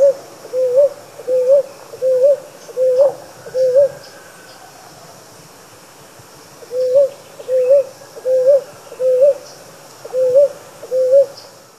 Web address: Songs of Birds of North America Stokes. Ruddy Ground-Dove